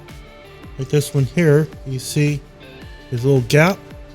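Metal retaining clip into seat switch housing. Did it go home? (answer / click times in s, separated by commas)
no / none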